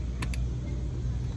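A scuba low-pressure inflator hose coupling is pulled back, pushed hard onto the male fitting of the BC inflator, and released so its metal collar pops into place. Two sharp clicks are heard at 0.2 s and 0.3 s over a steady low rumble, and the coupling is seated.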